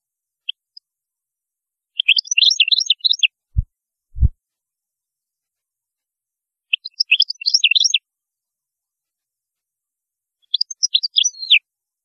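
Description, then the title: European goldfinch singing three short bursts of quick, sparkling twitters, with two dull low thumps between the first two bursts. "Chant Chardonneret"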